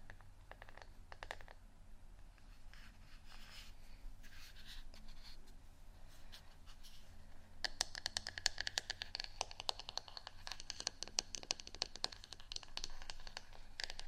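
ASMR tapping: sparse soft taps at first, then from about eight seconds a dense, quick run of crisp, bright taps over a steady low hum.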